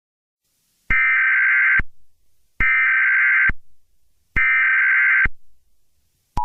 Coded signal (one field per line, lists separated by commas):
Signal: Emergency Alert System (SAME) tones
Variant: header bursts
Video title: Tung Tung Tung Sahur The EAS Scenario (#96)